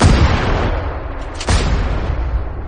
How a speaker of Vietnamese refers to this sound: Khẩu súng đáng sợ bắt đầu tàn sát bừa bãi quanh hồ nước.